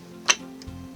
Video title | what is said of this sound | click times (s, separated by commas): How to wind a bobbin on the Brother CS-6000i sewing machine! | you can line those up locks into place | 0.3 s